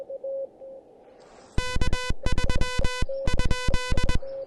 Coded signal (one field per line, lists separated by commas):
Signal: Morse code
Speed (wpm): 21 wpm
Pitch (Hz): 1000 Hz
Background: none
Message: K3 ?